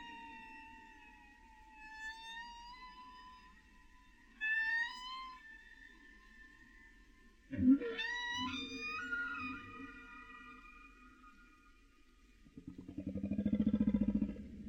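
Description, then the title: Humpback whale song units underwater: long tonal moans, some rising and wavering, with a sharp upsweep and a closing low pulsed rumble. Heard by hydrophone, underwater. "Suivre la migration des baleines jusqu'en Antarctique"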